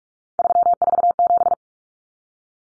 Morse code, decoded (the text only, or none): 347